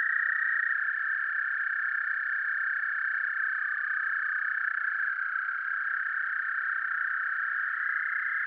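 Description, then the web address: American toad trills, long steady musical trills overlapping in a chorus, one voice stepping slightly higher near the end, no other clear sounds. "Solitudes Frog Song. American Toad"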